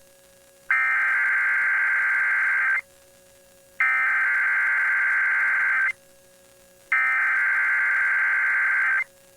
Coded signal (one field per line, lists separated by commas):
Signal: Emergency Alert System (SAME) tones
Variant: header bursts